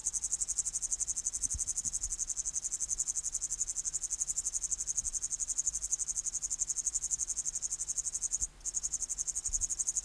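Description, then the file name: Upland green bush-cricket song, a sustained high buzzing trill in rapid regular pulses, with one brief break near the end before it resumes. "Tettigonia cantans"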